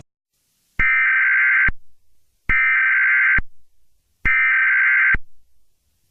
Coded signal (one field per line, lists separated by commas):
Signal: Emergency Alert System (SAME) tones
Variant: header bursts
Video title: EAS Scenario #1 Cleveland Meltdown